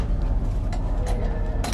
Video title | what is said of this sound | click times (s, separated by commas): 🔴 LIVE: Most AMAZING Top 10 & Disney World Rides – HOLLYWOOD STUDIOS - Walt Disney World Live Stream | Satisfying click. | 1.6 s